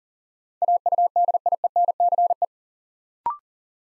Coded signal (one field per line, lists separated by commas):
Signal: Morse code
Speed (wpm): 42 wpm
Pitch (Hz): 700 Hz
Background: none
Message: AUDIENCE